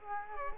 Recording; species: mosquito wingbeat signal from an infrared sensor; Culex quinquefasciatus